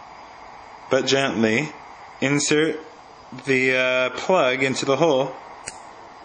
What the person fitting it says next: and I think you could probably hear that um click